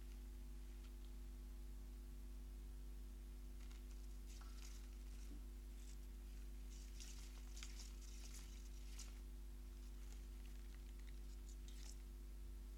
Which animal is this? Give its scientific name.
Microtus subterraneus